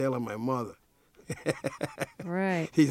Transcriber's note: laughter